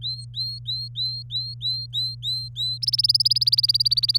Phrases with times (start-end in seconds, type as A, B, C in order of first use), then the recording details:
0.02-2.78 A, 2.83-4.18 B. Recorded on 26 April 2018 at 18:21. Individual llb3